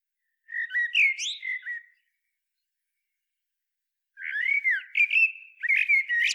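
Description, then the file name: Common blackbird giving two fluted, warbled song phrases a couple of seconds apart, the second including sharp, high twittering notes, with nothing else heard. "Turdus merula"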